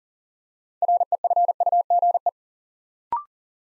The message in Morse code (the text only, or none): REFUGE